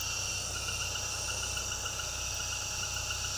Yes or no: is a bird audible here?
no